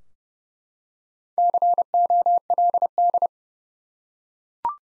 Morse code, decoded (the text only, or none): COLD